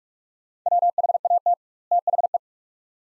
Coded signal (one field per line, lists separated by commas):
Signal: Morse code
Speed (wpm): 42 wpm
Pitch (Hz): 700 Hz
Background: none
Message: WHAT THE